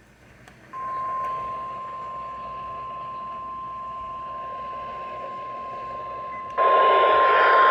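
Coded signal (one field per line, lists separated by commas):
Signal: Emergency Alert System (SAME) tones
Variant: 1050 Hz attention tone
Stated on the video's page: Storm alerts; one tornado warning carried on a cable alert stream.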